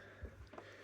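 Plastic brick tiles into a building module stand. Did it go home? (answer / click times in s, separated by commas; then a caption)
no / none. Two gray plastic brick tiles are slid into a brick building module stand and handled before being pushed down. Soft, low thumps and light handling noise are heard, with a brief tap near 0.6 s. Nothing has seated or locked into place yet.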